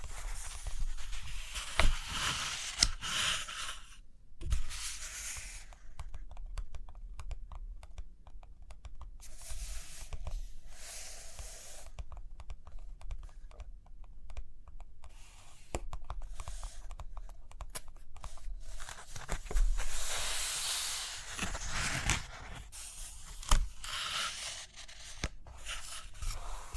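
Pages turning and fingers tapping, with stretches of scratchy writing or drawing. Bursts of bright rustle and hiss come every few seconds, the loudest around 20 seconds, between dense runs of quick, irregular taps and clicks. A low steady rumble sits underneath throughout.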